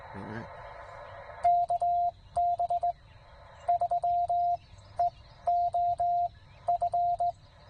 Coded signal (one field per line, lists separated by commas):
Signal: Morse code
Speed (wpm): 18 wpm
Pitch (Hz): 690 Hz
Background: speech, radio noise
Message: KB3EOF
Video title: 7 June Parks on the Air in CW